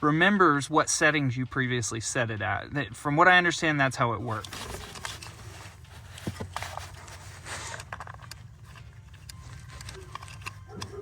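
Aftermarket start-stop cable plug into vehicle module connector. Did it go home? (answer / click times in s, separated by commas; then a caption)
no / none. An aftermarket start-stop eliminator cable's plug is handled near the module connector of an MK8 GTI to disable start-stop. Someone talks for the first 4.5 seconds, followed by quiet scraping and handling noises with a few brief ticks. Nothing has seated or clicked yet.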